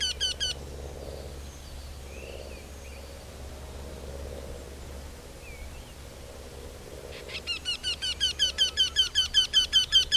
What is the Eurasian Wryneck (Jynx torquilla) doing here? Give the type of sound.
song